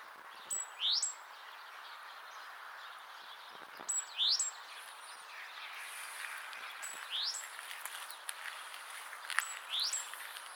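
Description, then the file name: Great tit calls: a thin high note followed by a quick upward-sweeping note, repeated about every three seconds, four times, over soft hiss. "Parus major"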